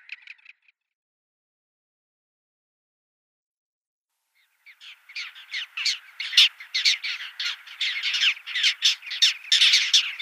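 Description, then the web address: Little gull calls: a brief burst of notes at the start, several seconds of silence, then a rapid, building series of harsh, chattering calls. "Schulze Peter Little Gull"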